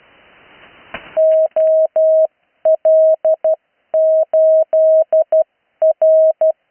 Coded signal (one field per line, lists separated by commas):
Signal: Morse code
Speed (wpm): 12 wpm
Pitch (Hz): 640 Hz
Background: none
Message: OL8R